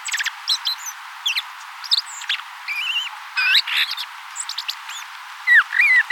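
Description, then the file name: Common blackbird giving wavering whistled notes and a fluty phrase near the end, among many brief high chirps and squeaks. "Turdus merula"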